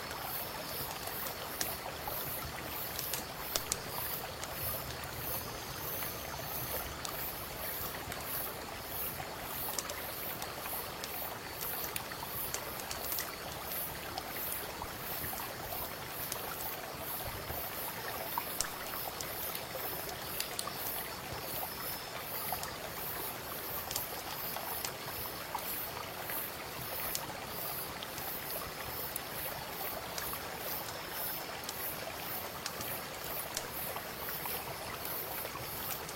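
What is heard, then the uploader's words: Cicadas buzz in a steady, high pulsing chorus over the constant rush of a nearby river, with occasional sharp crackles throughout. Camping by the river, light a bonfire, watch the stars, the sound of cicadas.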